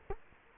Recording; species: mosquito wingbeat signal from an infrared sensor; Culex quinquefasciatus